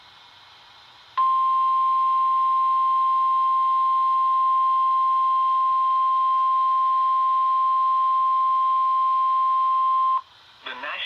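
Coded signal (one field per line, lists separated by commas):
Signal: Emergency Alert System (SAME) tones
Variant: 1050 Hz attention tone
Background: speech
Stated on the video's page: Tornado Warning and Severe Thunderstorm Warning received from weather radio station in Columbus, Ohio, early morning.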